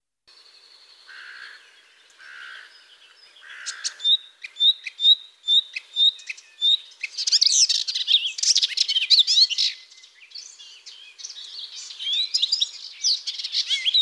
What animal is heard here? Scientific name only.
Hippolais polyglotta